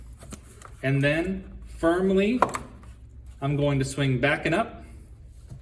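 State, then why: Not seated. A window blind's metal headrail is handled on its inside-mount brackets, front hooked on, and is about to be swung back and up so the bracket clips lock onto it. Someone talks over a few faint short knocks and handling noises. Nothing has seated or clicked yet.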